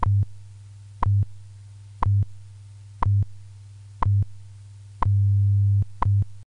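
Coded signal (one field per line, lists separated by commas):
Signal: radio time signal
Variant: WWV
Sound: seven sharp ticks one second apart over a low hum pulsing in short and long bursts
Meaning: Each tick marks one second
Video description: WWV Special Announcement M.A.R.S. Signal recorded ground wave on 2.5 MHz in 20 kHz AM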